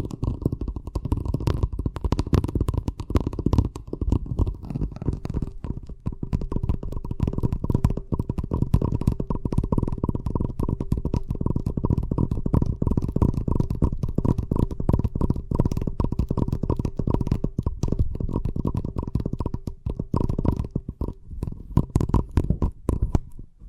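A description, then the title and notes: Fast tapping runs continuously throughout, dense rapid taps with a heavy low thud and a faint steady tone, briefly thinning around six seconds. ASMR Braingasm Inducing Fast Tapping (No Talking).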